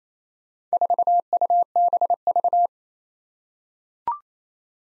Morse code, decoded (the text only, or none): 4UBV